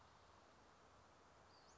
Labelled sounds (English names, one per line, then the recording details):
Western Flycatcher
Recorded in Sonoma County, California